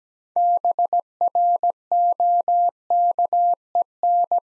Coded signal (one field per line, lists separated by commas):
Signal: Morse code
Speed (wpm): 17 wpm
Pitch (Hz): 700 Hz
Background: none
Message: BROKEN